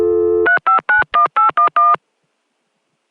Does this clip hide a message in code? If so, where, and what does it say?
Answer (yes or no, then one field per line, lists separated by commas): yes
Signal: DTMF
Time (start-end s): 0.5-1.9 s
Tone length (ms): 120 ms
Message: 3591811